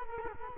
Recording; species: mosquito wingbeat signal from an infrared sensor; Culex quinquefasciatus